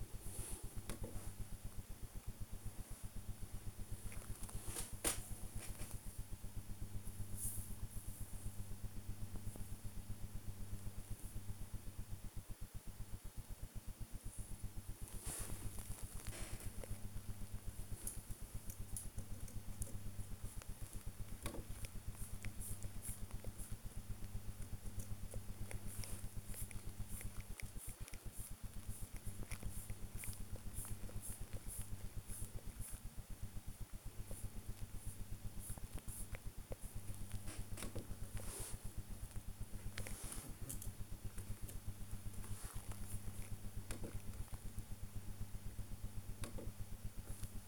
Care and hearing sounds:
household activities, microphone on the right wrist
0.00-47.68 s: working on the computer

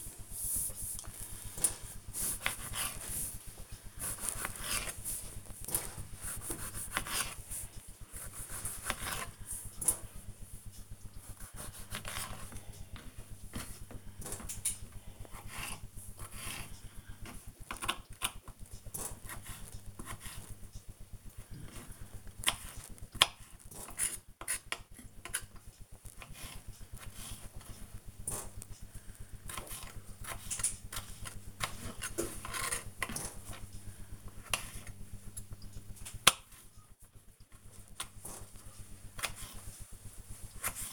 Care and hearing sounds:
household activities, microphone on the right wrist
0.00-40.93 s: cutting vegetables

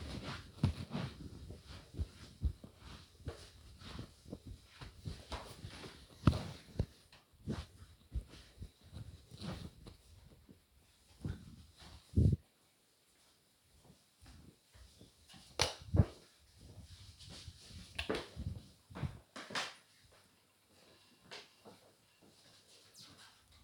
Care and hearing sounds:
household activities, microphone on the right wrist
none

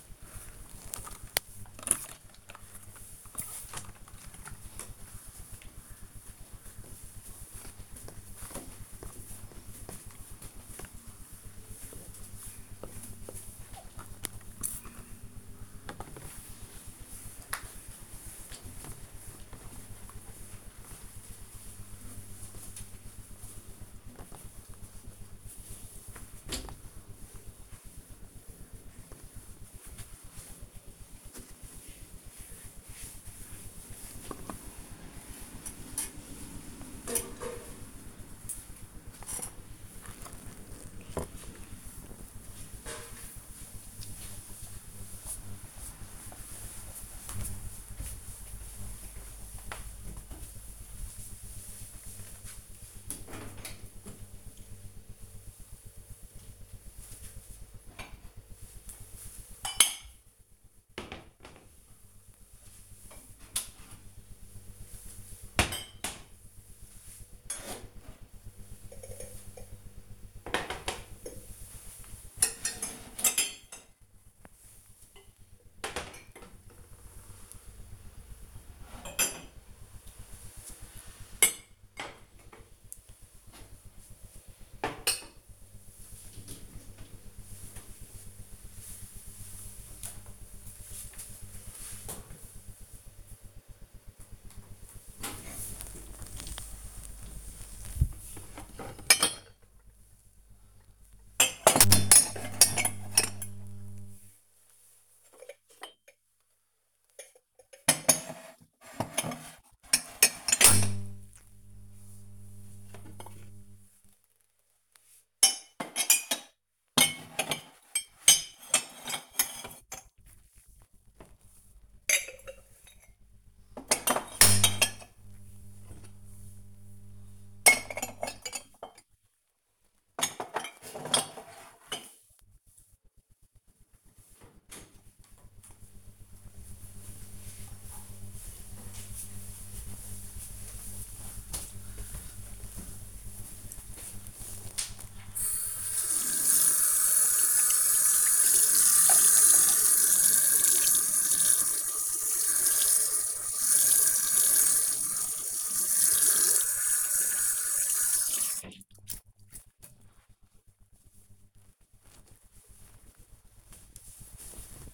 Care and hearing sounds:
household activities, microphone on the right wrist
0.00-40.85 s: window cleaning
94.26-134.62 s: putting away the dishes
148.75-161.85 s: washing hands

